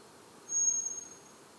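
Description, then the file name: Common blackbird giving a single thin, very high whistled note lasting about half a second, steady in pitch, over soft background hiss. "Turdus merula"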